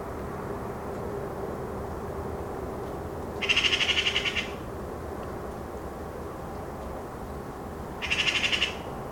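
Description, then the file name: Eurasian magpie giving harsh, rapid rattling chatters, two bursts several seconds apart, the second shorter, over a steady low rumble. "Pica pica"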